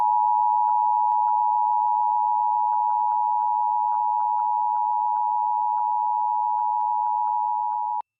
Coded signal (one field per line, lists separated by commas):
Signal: Emergency Alert System (SAME) tones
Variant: 853 and 960 Hz attention tone